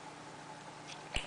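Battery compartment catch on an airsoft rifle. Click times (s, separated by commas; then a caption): 1.2 s. A small notch on the battery compartment catch of an electric airsoft AK is worked to open the compartment. Steady low background noise is broken at 1.2 s by a single sharp, bright click as the catch releases. The compartment is opened and ready for the battery to be inserted.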